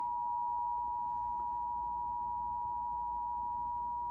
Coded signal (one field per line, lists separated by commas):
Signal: Emergency Alert System (SAME) tones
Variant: 853 and 960 Hz attention tone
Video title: Emergency Alert System - Flash Flood Warning - 9/26/2024 3:18pm